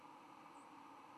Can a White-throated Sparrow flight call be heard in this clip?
no